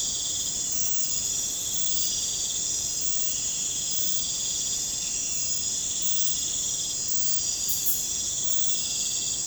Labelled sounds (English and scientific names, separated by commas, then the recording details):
none
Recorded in pastures near Puerto Asís, Putumayo, Colombia, on 22 December 2024 at 01:00
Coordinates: 0.466, -76.322
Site G040